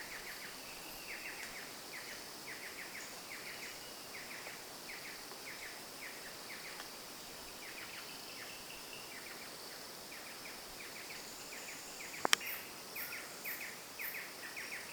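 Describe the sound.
Bird calls: short clusters of quick high chirps repeated steadily throughout, over a steady high insect hum, with one sharp click near the end.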